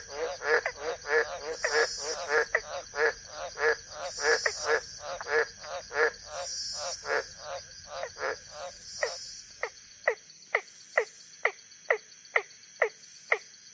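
Frogs calling with rapid harmonic notes, then sharp single clicks repeated about every half second, with a constant high insect whine and periodic bursts.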